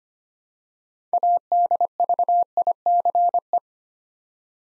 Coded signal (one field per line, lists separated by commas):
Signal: Morse code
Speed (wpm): 25 wpm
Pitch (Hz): 700 Hz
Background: none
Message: ADVICE